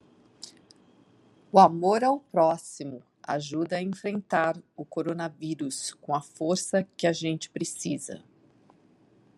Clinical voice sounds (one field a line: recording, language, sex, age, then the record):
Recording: spoken sentence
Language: Brazilian Portuguese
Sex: female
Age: 60 to 69 years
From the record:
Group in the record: control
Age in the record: 64 years